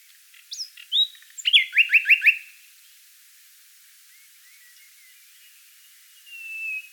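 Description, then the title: Common nightingale song: a few rising notes and a short fast series of repeated chirps, then quiet with a faint drawn-out whistle at the end. "Sylvain Jaskowiak - Mes piafs. Rossignol Philomèle"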